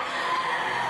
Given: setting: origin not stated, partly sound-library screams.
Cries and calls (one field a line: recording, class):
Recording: one-second piece from a danger detection set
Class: woman in danger